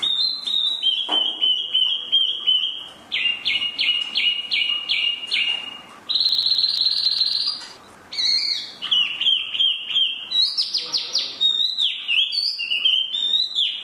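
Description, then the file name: Chinese hwamei song mixing sustained whistles, a rapid stuttering series of notes, a buzzy trill and varied sliding phrases. "hwamei mini"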